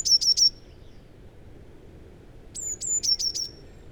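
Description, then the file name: Eurasian blue tit: a trill ending one phrase, then after a pause two high piercing notes and a rapid chattering trill, over faint low hum. "Cyanistes caeruleus"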